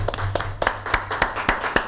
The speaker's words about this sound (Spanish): Muy bueno. Acá se aplaude.